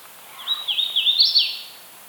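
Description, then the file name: Hooded Warbler singing a single brisk phrase of looping, clear whistled notes that climbs higher near the end before dropping away. "Setophaga citrina - Hooded Warbler"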